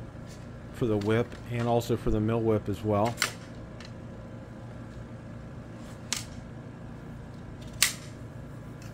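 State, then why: Seated. Someone talks over a low steady hum while the sections of a collapsible metal whip antenna for a Chameleon MPAS 2.0 antenna are joined. Each whip antenna section clicks into place in the adjoining section, with sharp, bright clicks at 6.1 s and 7.8 s confirming they have seated.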